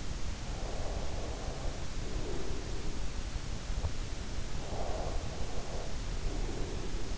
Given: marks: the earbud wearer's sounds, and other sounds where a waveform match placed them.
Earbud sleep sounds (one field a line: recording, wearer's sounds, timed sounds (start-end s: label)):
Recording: sounds in sleep by an in-ear microphone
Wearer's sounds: breath, teeth grinding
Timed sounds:
0.52-3.11 s: breath
3.81-4.07 s: teeth grinding
4.66-7.18 s: breath